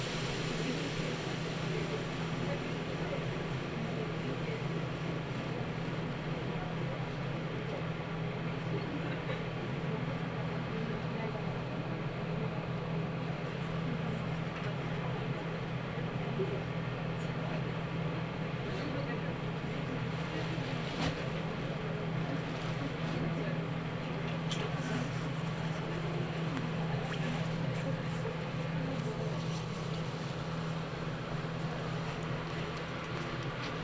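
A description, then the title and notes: A Nagoya Railroad Mikawa Line train rolls steadily along, its low engine drone holding an even pitch throughout. A dense rumbling wash sits over it, with faint voices mixed in and occasional brief clicks and rattles, a few sharper around the twenty-second mark. Nagoya Railroad Mikawa Line Chiryu to Hekinan.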